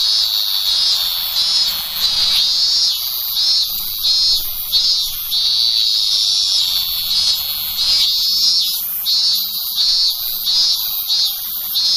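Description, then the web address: Robust cicada song, an intense high-pitched continuous buzz with slight wavering pulses throughout, faint low hum beneath. "sikioto. minminzemi"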